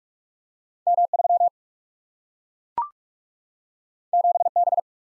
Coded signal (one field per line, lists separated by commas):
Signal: Morse code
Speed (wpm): 44 wpm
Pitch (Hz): 700 Hz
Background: none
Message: M3 7B